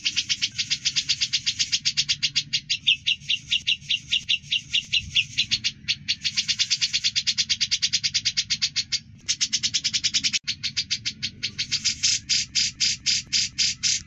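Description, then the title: Bird song: fast, harsh notes rapidly repeated in long runs, with brief pauses and shifts in pitch between bursts. Masteran: training songs for songbirds. "Masteran Burung"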